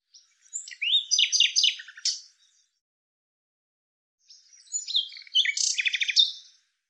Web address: Deverinetal Bird Lu Me